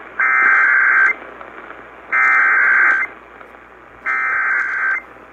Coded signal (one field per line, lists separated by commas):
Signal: Emergency Alert System (SAME) tones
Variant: header bursts